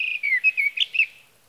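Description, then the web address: Sage thrasher song fragment, a short sequence of whistled, slurred notes rising and falling quickly, then fading out after about a second. "birdsongforthecurious Sage Thrasher"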